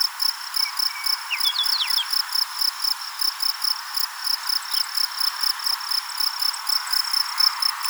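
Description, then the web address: Insect chirping in steady, high pulses throughout, with a few brief whistled notes early on. "Insect Set 459"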